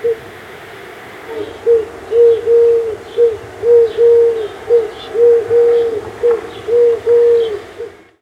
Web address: cotor. Eurasian Collared-Dove